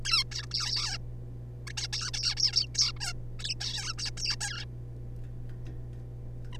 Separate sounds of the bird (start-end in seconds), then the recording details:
0.05-0.24, 0.32-0.46, 0.51-0.98, 1.67-1.73, 1.77-1.88, 1.93-2.11, 2.14-2.35, 2.37-2.52, 2.53-2.67, 2.74-2.92, 2.96-2.99, 3.00-3.13, 3.40-3.54, 3.61-3.94, 3.98-4.11, 4.17-4.36, 4.41-4.65, 6.53-6.57. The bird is a juvenile. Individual R3549